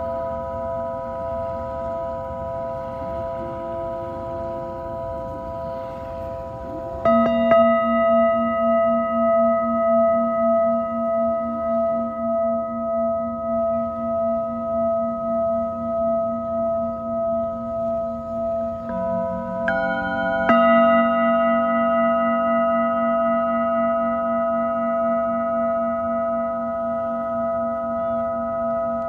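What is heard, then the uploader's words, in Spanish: A Tibetan singing bowl rings with a steady, bright tone and a gentle pulsing waver. A fresh strike lands around seven seconds and another near twenty, each renewing the shimmering ring, with a faint low rumble underneath throughout. Cuenco tibetano desde Caribe Mexicano.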